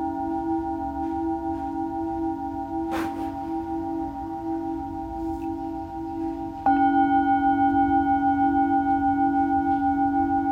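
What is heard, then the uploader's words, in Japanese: A Tibetan singing bowl hums with a steady, sustained ring, its low tone wavering slowly with a gentle beat. A soft knock sounds near three seconds, and just before seven seconds a fresh strike makes the ring louder and brighter, holding to the end. チベタンシンギングボウル。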